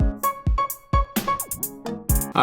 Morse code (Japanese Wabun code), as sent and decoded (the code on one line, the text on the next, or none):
none